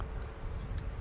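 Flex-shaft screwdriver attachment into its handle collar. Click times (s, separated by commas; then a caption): 0.8 s. A DeWALT 4-in-1 DWAMRASET flexible-shaft screwdriver attachment is fitted into its handle collar, turned to the right angle, and the collar is twisted closed to lock it. Faint ticks at 0.0 s and 0.2 s are followed by a sharp, bright click at 0.8 s, and the attachment is locked in place.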